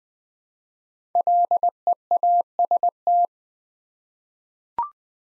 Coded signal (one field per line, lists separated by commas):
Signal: Morse code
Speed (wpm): 20 wpm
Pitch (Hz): 700 Hz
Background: none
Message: LEAST